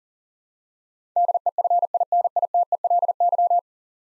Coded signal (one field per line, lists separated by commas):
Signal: Morse code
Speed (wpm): 39 wpm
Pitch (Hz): 700 Hz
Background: none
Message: DEFINITELY